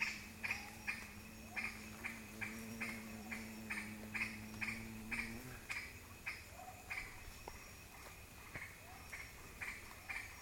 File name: Green aracari